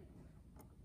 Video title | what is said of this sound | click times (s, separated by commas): TOOL SCHOOL: Coping Saw (Episode 05) | There, it snapped into place and as I | 0.6 s